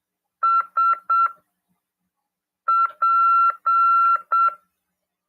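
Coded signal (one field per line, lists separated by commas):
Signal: Morse code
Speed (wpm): 7 wpm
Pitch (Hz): 1360 Hz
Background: none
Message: SP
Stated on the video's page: CW lesson in an amateur radio class broadcast on FM 146.410 MHz.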